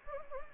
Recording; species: mosquito wingbeat signal from an infrared sensor; Anopheles gambiae